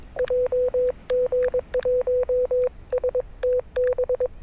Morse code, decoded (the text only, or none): JG1STB